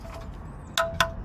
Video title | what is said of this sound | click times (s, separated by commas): How to change the oil on a 1999 Toyota Corolla | And then go until you hear it click. | 0.8 s, 1.0 s